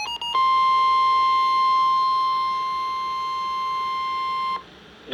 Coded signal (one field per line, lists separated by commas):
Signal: Emergency Alert System (SAME) tones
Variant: 1050 Hz attention tone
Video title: Severe Thunderstorm Warning (EAS #259)